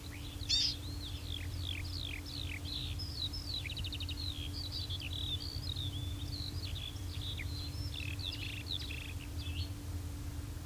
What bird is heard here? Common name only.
Common Chiffchaff